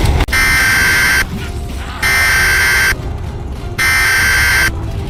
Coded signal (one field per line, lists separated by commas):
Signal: Emergency Alert System (SAME) tones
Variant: header bursts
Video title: EAS Scenario: The Destruction of Verdansk [Remastered]